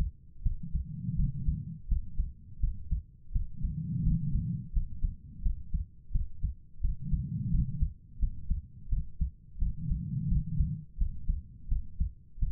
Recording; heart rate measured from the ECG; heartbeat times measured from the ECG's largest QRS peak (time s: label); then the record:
heart sounds by stethoscope; 85 bpm
0.42 s: heartbeat
1.15 s: heartbeat
1.87 s: heartbeat
2.59 s: heartbeat
3.31 s: heartbeat
4.02 s: heartbeat
4.72 s: heartbeat
5.41 s: heartbeat
6.11 s: heartbeat
6.80 s: heartbeat
7.49 s: heartbeat
8.18 s: heartbeat
8.88 s: heartbeat
9.58 s: heartbeat
10.27 s: heartbeat
10.97 s: heartbeat
11.67 s: heartbeat
12.38 s: heartbeat
From the record:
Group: healthy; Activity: cold pressor test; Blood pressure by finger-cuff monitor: 131/73 mmHg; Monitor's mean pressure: 92 mmHg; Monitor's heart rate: 86 bpm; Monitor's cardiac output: 7.6 L/min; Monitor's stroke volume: 88 mL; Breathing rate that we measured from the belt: 20 breaths a minute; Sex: female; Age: 32 years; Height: 172 cm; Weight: 71.7 kg